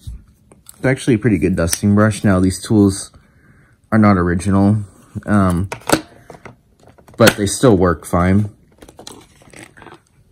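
Someone talks while handling the plastic dusting brush, a non-original tool that still works fine, for a 2009 Dyson DC14 All Floors bagless upright vacuum cleaner, about to push it back into the tool holder clip on the vacuum body. Brief sharp handling ticks and rustles fall between the speech, and the clip ends with nothing seated or clicked yet.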